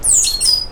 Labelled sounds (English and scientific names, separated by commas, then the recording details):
Stitchbird (Notiomystis cincta) song
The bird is a male
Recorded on Tiritiri Matangi Island, New Zealand, in 2005
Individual 12, of nest box 16